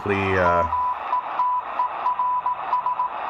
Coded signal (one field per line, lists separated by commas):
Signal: Morse code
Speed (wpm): 18 wpm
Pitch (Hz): 1000 Hz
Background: speech, radio noise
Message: METERS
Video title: Degen DE1103 Tuning 3000 - 4000 kHz Shortwave Utility broadcast and 80 meter band signals SSB AM